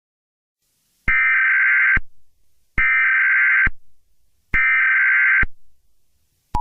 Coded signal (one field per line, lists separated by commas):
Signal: Emergency Alert System (SAME) tones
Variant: header bursts